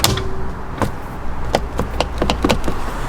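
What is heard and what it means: The driver airbag module on a Transit Connect is lined up and pushed into the steering wheel hub, giving a run of sharp clicks and taps over a low steady background. Its retaining clips snap into place at 0.0 s and 2.3 s, and the module is confirmed back in and secured.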